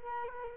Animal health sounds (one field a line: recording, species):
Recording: mosquito wingbeat signal from an infrared sensor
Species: Culex quinquefasciatus